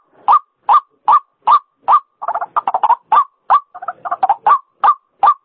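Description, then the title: White-breasted waterhen repeating harsh croaks, broken in the middle by bursts of fast stuttering, chattering notes before steady croaking resumes. Female bird; call used as a lure sound for attracting waterhens; local name ruak-ruak. "Suara Pikat Ruak Ruak Betina"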